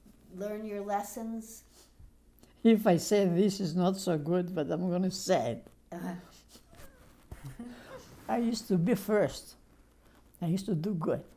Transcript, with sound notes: learn your lessons?
If I say, this is not so good, but I'm going to say it. [laughs] I used to be first! I used to do good.